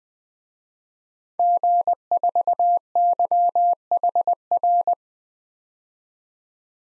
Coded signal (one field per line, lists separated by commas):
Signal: Morse code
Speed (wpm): 20 wpm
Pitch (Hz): 700 Hz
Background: none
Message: G4YHR